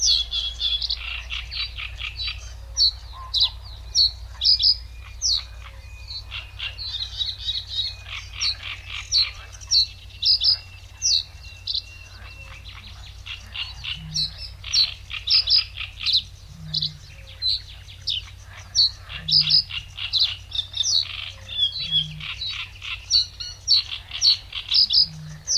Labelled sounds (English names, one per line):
Reed Bunting